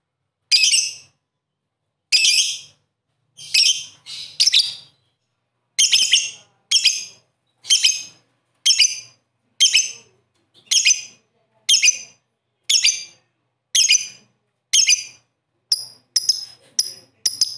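Bird song of harsh buzzy high notes repeated roughly once a second, ending in quicker, thinner chirps.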